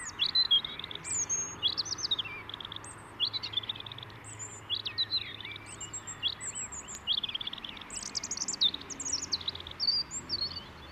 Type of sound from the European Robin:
song